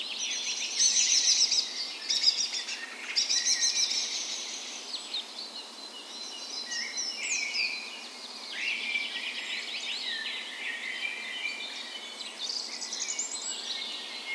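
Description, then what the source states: Birds (birds (dawn chorus)): several birds with bright overlapping chirps and warbled phrases, busiest in the first four seconds, then steadier twittering with occasional high thin notes. Birds (dawn chorus) in a park west in Bergen, Norway, on the morning of 17 May, Norway's National Day, in spring; recorded with a Sony PCM A10 and LOM micro Usi mics as 'tree ears'.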